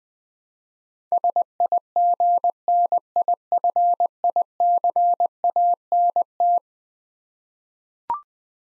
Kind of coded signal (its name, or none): Morse code